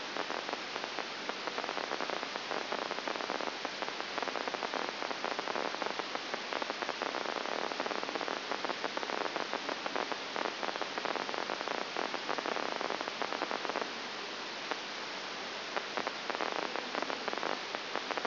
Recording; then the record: brain microelectrode recording played as sound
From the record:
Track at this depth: outside the subthalamic nucleus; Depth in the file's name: 0.004 mm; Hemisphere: right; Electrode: 3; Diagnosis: Parkinson's disease